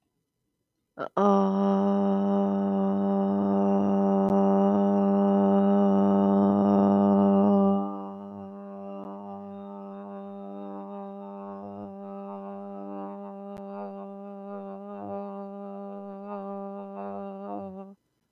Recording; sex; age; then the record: vowel held as long as possible; female; 40 to 49 years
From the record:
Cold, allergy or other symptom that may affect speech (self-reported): no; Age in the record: 46 years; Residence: Virginia, United States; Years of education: 12